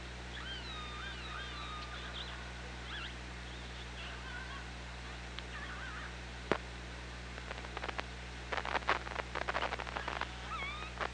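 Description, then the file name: Killer whale calls open with a run of wavering, rising and falling tones, then quieter calls among rapid bursts of clicks; low steady hum throughout. Hydrophone at OrcaLab, 24 August 2017, 15:49. "Orca Lab UTLN JASON 20170824 154929"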